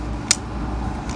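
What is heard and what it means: The plastic arms of a Transformers Bumblebee Cyberverse Adventures build-a-figure (Hot Rod and Grimlock) action figure are pushed up into the torso sockets. A single sharp snap at 0.3 s sounds over a steady low background hum. The arms snap into place and are seated.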